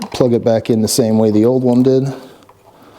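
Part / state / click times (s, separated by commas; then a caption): LED bulb socket into motorcycle tail light housing / not seated / none. A new LED brake light bulb socket on a Honda VTX 1300 motorcycle is being pushed back into the tail light housing, the same way the old one went in, as part of an LED conversion. Someone talks for most of the clip, then it goes quiet, with two faint brief sounds near 2.4 and 2.5 seconds. Nothing has seated or clicked yet.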